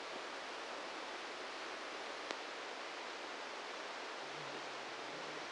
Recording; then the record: brain microelectrode recording played as sound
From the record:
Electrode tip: outside the subthalamic nucleus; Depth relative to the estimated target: 2 mm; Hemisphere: right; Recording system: NeuroSet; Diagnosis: Parkinson's disease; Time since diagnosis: 8 years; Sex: male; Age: 58 years